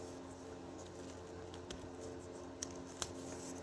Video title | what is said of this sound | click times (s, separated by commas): Nissan sentra fuel injectors demo easy way. | See, it's locked into place | 2.6 s, 3.0 s